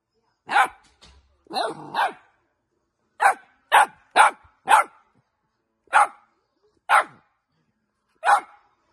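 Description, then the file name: Dog barking in short, sharp single barks, about ten in all, irregularly spaced roughly a second apart with clear silence between them. Cute dog barking. "Tieng cho sua de thuong dang yeu"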